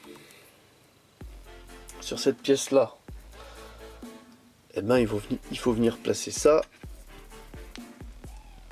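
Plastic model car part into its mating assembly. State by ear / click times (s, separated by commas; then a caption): seated / 7.8 s. Someone talks over background music while fitting a plastic part of an Altaya K2000 1/8 scale model car kit (issue 20) and pressing it into its mating piece. There is a sharp click at 7.8 s as the part snaps into place, and it holds there without a screw.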